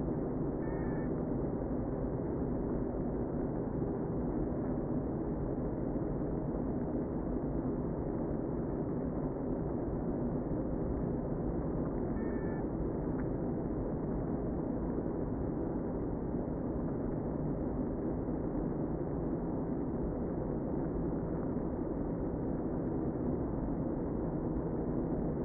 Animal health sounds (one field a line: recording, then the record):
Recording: honeybee colony, microphone inside the hive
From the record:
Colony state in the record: queen present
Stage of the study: before two queens were removed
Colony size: about 60,000 bees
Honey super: yes